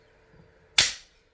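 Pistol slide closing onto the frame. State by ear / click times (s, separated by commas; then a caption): seated / 0.8 s. After the pistol is confirmed empty, the slide of a polymer-frame Glock 22 Gen 5 .40-caliber pistol is released forward and slams home into battery on the frame. Faint low handling rustle comes first, then a single loud, sharp metallic slam at 0.8 s that rings briefly before fading by about 1.1 s. The slide is seated.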